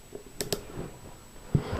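With the bottom silver band of a keyless drill chuck held, the sleeve is turned to tighten the chuck on a drill bit. Two sharp ratchet clicks sound at 0.4 s and 0.5 s, and a softer low thump follows near 1.6 s. The clicks confirm that the chuck is tight on the bit.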